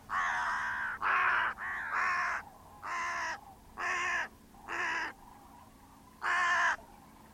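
Bird repeating coarse, grating caws about once a second, several in all, each blunt and fairly evenly loud.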